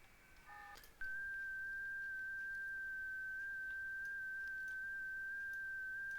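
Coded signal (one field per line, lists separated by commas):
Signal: FT8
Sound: a steady, pure tone near 1.5 kHz with faint, slow pitch steps, after brief short beeps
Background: short beeps, faint hiss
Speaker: I just turned the linear back on and let's see what happens on the next cycle you can also tell when you're transmitting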